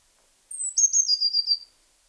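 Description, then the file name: Eurasian blue tit: one very high thin note falling into a fast series of several short notes, with nothing else audible. "Cyanistes caeruleus"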